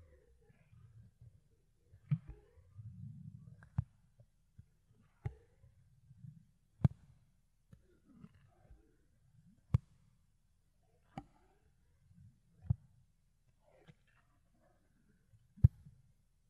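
Ear cleaning with something fluffy, heard as soft low rubbing and muffled brushing that comes and goes. Sharp clicks and taps land roughly every one to two seconds. The loudest click is near the end, and a denser patch of rustling comes around the third second.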